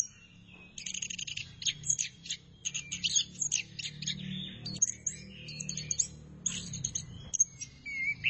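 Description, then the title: Thrush song starting after a brief pause, then a fast, varied run of high chirps, squeaky notes and short trills with only short breaks, over a low background hum. "burung anis x"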